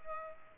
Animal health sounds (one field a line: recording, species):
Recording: mosquito wingbeat signal from an infrared sensor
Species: Culex pipiens